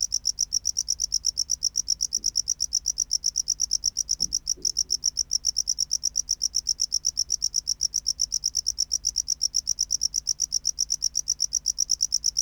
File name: Bio Acoustica Gryllodes sigillatus